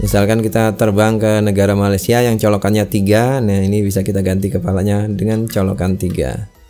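An interchangeable plug head on a power adapter is being swapped for a three-pin head, such as Malaysia uses, while someone talks over background music. The clip ends before the head goes home, so nothing has seated or clicked yet.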